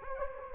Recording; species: mosquito wingbeat signal from an infrared sensor; Anopheles gambiae